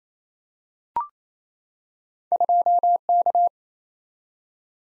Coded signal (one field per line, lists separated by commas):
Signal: Morse code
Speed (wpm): 28 wpm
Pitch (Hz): 700 Hz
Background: none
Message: 2K